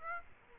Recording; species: mosquito wingbeat signal from an infrared sensor; Aedes aegypti